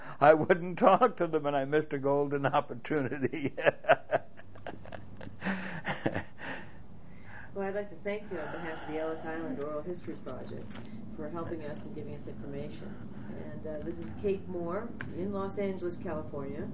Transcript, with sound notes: I wouldn't talk to him, and I missed a golden opportunity. ( he laughs )
Well, I'd like to thank you on behalf of the Ellis Island Oral History Project for helping us and giving us information, and this is Kate Moore in Los Angeles, California